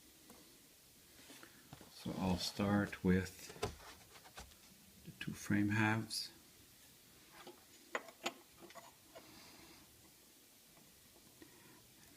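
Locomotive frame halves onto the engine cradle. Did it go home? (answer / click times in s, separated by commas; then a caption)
yes / 7.9 s, 8.3 s. Someone talks while the two plastic/metal frame halves of an N scale Kato CP Rail SD45 locomotive are pressed together around the engine cradle during reassembly after cleaning. Two sharp, short clicks sound at 8.0 s and 8.3 s as the halves snap easily into place on the cradle, fully seated.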